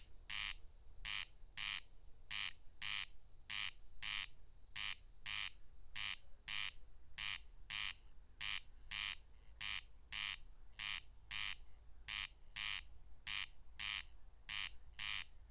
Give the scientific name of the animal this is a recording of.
Crex crex